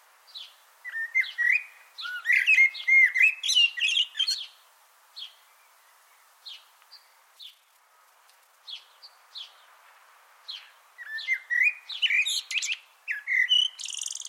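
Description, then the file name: Eurasian blackbird song: rich fluty warbles early on, then sparse thin high notes, and a final run of warbled phrases with squeaky endings. "Turdus merula"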